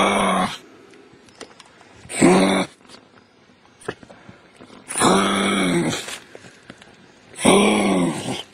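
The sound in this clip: Kangaroo grunts: four hoarse, throaty groans, some short and some longer, separated by quieter gaps with scattered soft knocks.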